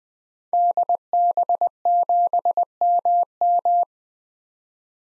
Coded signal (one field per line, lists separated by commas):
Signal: Morse code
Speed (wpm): 20 wpm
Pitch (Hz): 700 Hz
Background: none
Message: DB7MM